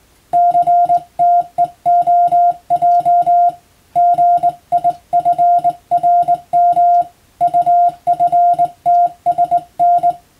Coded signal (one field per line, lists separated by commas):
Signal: Morse code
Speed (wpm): 21 wpm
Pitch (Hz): 700 Hz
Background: music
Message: CTEOJ GIFRM UFTSN